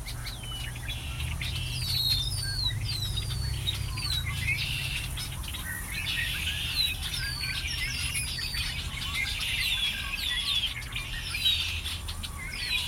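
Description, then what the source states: Birds in a lively chorus of overlapping tweets and brief sliding whistles, continuous for the whole stretch, above a low background hum. Migrating birds hiding in bushes around a lake at Ashburton.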